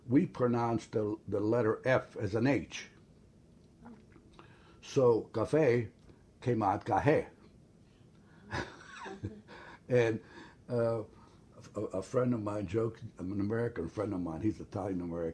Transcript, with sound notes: We pronounced the -- the letter F as an H. So caffe came out cahe. (laughs) And a -- a friend of mine jokes --an American friend of mine -- he's Italian American.